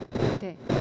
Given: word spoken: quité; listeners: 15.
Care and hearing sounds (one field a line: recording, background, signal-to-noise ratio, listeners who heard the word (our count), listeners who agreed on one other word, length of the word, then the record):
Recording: one Spanish word in noise, from a listening test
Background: noise modulated by one talker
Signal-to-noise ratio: -9.1 dB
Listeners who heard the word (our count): 0 of 15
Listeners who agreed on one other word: 8 of 15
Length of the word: 0.41 s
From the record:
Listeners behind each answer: 8, 1, 1, 1, 1, 1, 1, 1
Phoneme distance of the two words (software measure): 14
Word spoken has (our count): 2 syllables, 4 phonemes, stress on syllable 2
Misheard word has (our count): 1 syllable, 2 phonemes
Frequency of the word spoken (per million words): 1.65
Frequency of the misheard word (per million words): 786.92